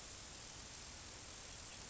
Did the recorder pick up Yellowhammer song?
no